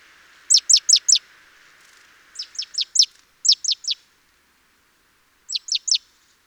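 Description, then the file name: Great tit calls: high, sharp descending notes in rapid bursts of three or four, repeated with pauses, over a faint hum that stops partway through. "Parus major"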